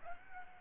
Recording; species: mosquito wingbeat signal from an infrared sensor; Aedes aegypti